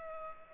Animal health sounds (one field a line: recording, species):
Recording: mosquito wingbeat signal from an infrared sensor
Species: Culex pipiens